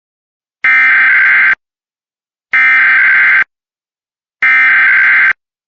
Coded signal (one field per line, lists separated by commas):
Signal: Emergency Alert System (SAME) tones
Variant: header bursts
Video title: RMT North Dakota (EAS 85)￼